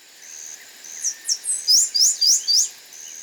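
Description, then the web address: Black-capped Sparrow song: a series of about seven high, thin, rising slurred notes, the later ones louder, with faint background hiss. Ecuador. "Natures Songs S America Birds of Ecuador. Black-Capped Sparrow"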